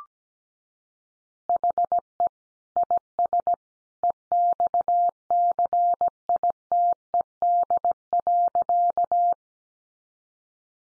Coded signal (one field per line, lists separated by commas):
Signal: Morse code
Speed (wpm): 17 wpm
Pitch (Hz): 700 Hz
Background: none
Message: HE IS EXCITED.